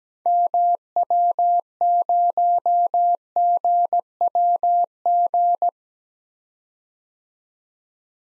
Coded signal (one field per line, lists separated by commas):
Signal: Morse code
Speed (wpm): 17 wpm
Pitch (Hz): 700 Hz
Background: none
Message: MW0GWG